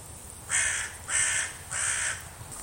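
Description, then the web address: Bird giving three harsh, hoarse calls, evenly spaced, each rasping and broad, over a low background rumble and a faint high hiss. "cianscape. Deverinetal 2025. Bird Only"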